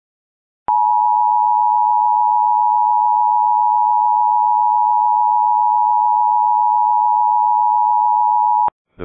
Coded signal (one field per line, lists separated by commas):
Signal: Emergency Alert System (SAME) tones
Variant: 853 and 960 Hz attention tone